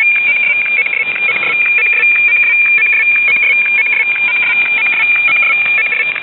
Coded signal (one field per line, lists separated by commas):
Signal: weather fax (radiofax)